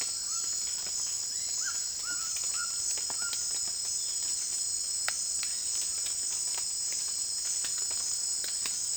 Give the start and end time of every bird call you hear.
[0.00, 0.52] bird call (0.7-2.0 kHz)
[1.59, 3.35] bird call (0.6-2.4 kHz)

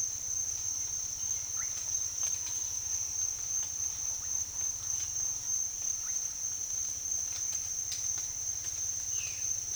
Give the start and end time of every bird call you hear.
[9.06, 9.50] bird call (1.5-3.6 kHz)

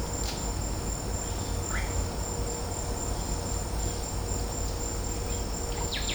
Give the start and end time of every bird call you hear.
[1.72, 1.84] bird call (1.1-3.3 kHz)
[5.89, 6.14] bird call (1.1-5.4 kHz)

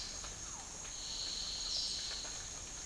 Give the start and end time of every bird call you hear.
[1.89, 2.55] bird call (0.8-2.2 kHz)

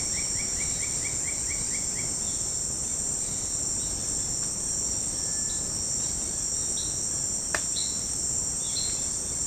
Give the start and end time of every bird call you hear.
[0.00, 1.96] bird call (1.5-3.1 kHz)
[6.71, 9.09] bird call (3.2-4.9 kHz)

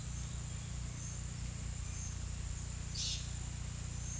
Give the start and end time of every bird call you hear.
[2.97, 3.27] bird call (3.1-9.2 kHz)

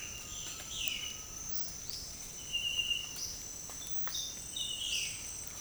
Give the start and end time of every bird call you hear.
[0.00, 5.60] bird call (0.7-6.2 kHz)

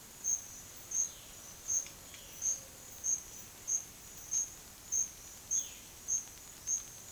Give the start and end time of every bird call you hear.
[0.87, 3.06] bird call (0.1-4.6 kHz)
[5.40, 5.94] bird call (1.7-4.2 kHz)

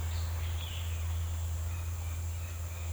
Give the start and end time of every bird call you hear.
[0.56, 0.90] bird call (2.2-4.5 kHz)
[1.70, 2.93] bird call (1.6-3.2 kHz)

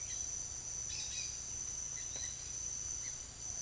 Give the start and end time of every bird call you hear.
[0.80, 2.41] bird call (1.1-6.0 kHz)

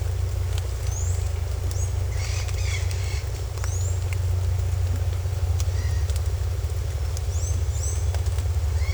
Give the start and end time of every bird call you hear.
[2.03, 3.25] bird call (1.7-9.1 kHz)
[3.61, 4.17] bird call (5.3-10.8 kHz)
[7.23, 8.12] bird call (3.7-9.3 kHz)

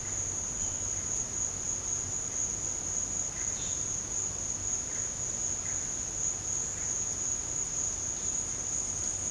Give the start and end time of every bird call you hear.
[4.72, 6.94] bird call (1.0-2.6 kHz)

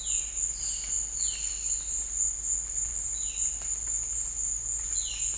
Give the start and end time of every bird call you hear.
[0.00, 1.69] bird call (2.6-5.1 kHz)
[3.16, 3.48] bird call (2.5-4.4 kHz)
[4.89, 5.34] bird call (2.3-4.6 kHz)

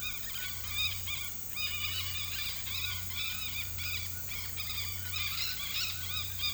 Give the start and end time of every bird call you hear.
[0.00, 6.54] bird call (0.7-5.4 kHz)

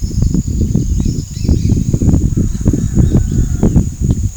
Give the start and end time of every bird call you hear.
[0.05, 3.98] bird call (1.7-5.8 kHz)

